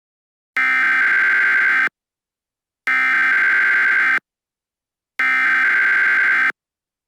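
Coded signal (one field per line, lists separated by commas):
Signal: Emergency Alert System (SAME) tones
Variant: header bursts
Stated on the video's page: Mock EAS alert.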